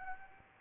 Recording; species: mosquito wingbeat signal from an infrared sensor; Aedes aegypti